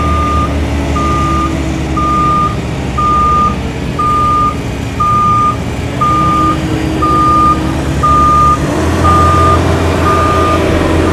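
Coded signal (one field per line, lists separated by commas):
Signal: none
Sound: truck reversing beeps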